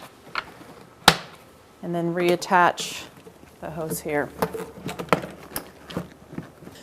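After the top part of the air intake box is refitted, its plastic snap clips are pressed back into place, giving one loud, sharp snap at 1.1 s. Someone then talks, with a few quieter knocks later in the clip. The clips are seated and the lid is secured.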